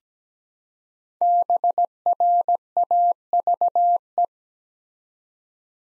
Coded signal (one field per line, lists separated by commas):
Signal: Morse code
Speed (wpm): 17 wpm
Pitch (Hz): 700 Hz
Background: none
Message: BRAVE